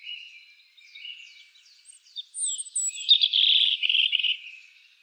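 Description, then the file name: European robin song starting with soft, thin notes and building into a louder, rapid, rippling trill. "Erithacus rubecula"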